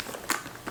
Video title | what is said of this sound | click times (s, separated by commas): Fall Trends 2020, The VINTAGE Edition: Vintage Fashion Inspired By Some of my Favorite Fall Styles | I like the little snap that you hear when it closes. | 0.3 s